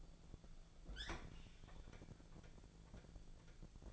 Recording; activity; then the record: daily activity, microphone in the room; open fridge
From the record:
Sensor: 5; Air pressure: 1000.2 hPa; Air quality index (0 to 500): 99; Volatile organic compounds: 1 ppm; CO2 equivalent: 806 ppm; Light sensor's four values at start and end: 232/551/236/258 and 236/558/239/262